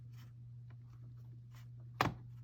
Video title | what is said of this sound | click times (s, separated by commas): Dell Inspiron Battery Change | There, you hear that clip pop. | 2.0 s